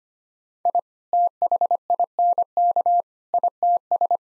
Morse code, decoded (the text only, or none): I THINK ITS